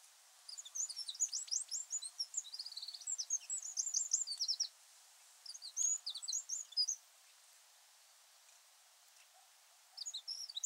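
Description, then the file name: Eurasian wren song: three bursts of rapid, very high trills and sharp twittering notes, the last cut off at the end, over a soft background hiss. "Troglodytes troglodytes"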